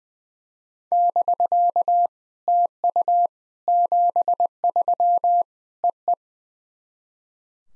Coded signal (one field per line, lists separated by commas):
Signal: Morse code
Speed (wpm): 20 wpm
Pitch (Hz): 700 Hz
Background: none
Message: <BK> TU 73 EE